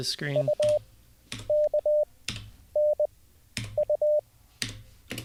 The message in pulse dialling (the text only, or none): none